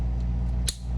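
A flanged part for a DeAgostini 1:8 scale Ford GT model car, smaller flange upward, is tilted into its slot in the model body and pushed straight down. Over a steady low hum, one sharp click sounds at 0.7 s as the part snaps into place and is seated.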